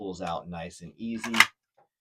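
Someone talks while handling a Glock 19 pistol with a Kydex IWB appendix holster, after drawing it out of the holster with an easy pull. The speech ends around 1.5 s, followed by near silence and a faint tick at about 1.8 s. Nothing has seated or clicked into the holster's retention yet.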